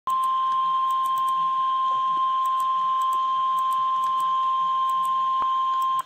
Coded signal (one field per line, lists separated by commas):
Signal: Emergency Alert System (SAME) tones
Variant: 1050 Hz attention tone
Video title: REAL EAS 405-Tornado warning